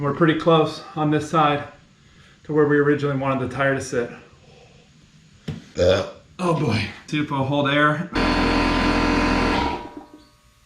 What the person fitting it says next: well, the bead has not seated.